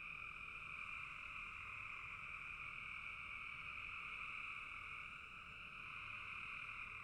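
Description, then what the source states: Frogs chorusing, a uniform high-pitched trilling wash with a second lower band, unbroken and even in loudness. Frogs calling in a bog.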